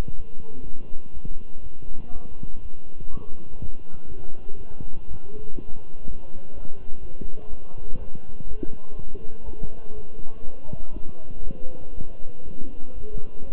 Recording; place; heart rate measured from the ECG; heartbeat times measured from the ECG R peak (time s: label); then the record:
heart sounds by stethoscope; between the tricuspid and mitral areas; 122 bpm
0.16 s: heartbeat
0.64 s: heartbeat
1.13 s: heartbeat
1.62 s: heartbeat
2.12 s: heartbeat
2.61 s: heartbeat
3.10 s: heartbeat
3.59 s: heartbeat
4.08 s: heartbeat
4.57 s: heartbeat
5.07 s: heartbeat
5.56 s: heartbeat
6.05 s: heartbeat
6.54 s: heartbeat
7.01 s: heartbeat
7.49 s: heartbeat
7.98 s: heartbeat
8.47 s: heartbeat
8.95 s: heartbeat
9.44 s: heartbeat
9.94 s: heartbeat
10.44 s: heartbeat
10.93 s: heartbeat
11.43 s: heartbeat
11.93 s: heartbeat
12.44 s: heartbeat
12.94 s: heartbeat
13.45 s: heartbeat
From the record:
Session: walking at 3.7 km/h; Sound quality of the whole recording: good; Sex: male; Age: 23 years